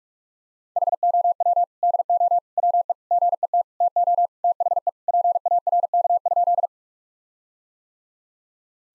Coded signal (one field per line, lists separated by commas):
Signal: Morse code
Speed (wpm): 46 wpm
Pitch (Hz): 700 Hz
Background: none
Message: HOW DO WE GET TO THE PARK?